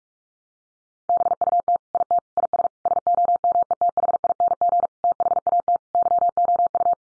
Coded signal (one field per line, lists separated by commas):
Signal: Morse code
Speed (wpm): 44 wpm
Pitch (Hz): 700 Hz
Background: none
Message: BUT IT IS SOMETHING THAT YOU